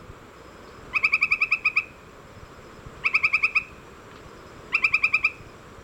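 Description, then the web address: Northern White-crowned Tapaculo song: three bursts of eight or nine fast, even, clipped notes, each lasting under a second, separated by quiet pauses of over a second. Ecuador. "Birds of Ecuador 3-01 Northern White-Crowned Tapaculo"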